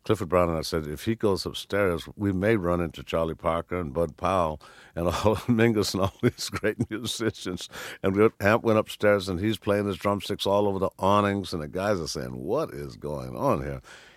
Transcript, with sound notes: Clifford Brown and I said if he goes upstairs, we may run into Charlie Parker and Bud Powell and Mingus and all these great musicians.
(LAUGHTER)
And Hamp went upstairs and he's playing his drumsticks all over the awnings and the guys are saying what is going on here.